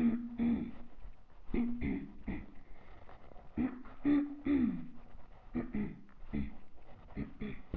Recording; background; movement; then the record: throat clearing; quiet; walking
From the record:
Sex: female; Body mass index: 22.6 kg/m2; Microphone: on the chest, facing the body